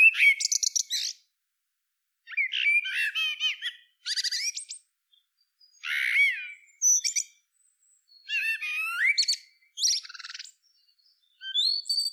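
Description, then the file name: Common blackbird singing in quick bursts, each a jumble of mellow notes and sharp, squeaky high twitters, separated by short pauses. "Turdus merula"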